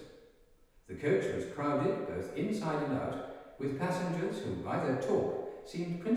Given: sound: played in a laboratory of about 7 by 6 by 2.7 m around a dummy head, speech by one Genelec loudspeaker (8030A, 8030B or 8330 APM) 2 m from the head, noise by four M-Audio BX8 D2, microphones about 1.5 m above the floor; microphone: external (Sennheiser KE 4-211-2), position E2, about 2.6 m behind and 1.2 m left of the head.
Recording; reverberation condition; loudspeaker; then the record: male speech in English; high; 60 degrees to the right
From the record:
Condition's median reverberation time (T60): about 1300 ms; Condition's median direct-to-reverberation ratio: about -4.0 dB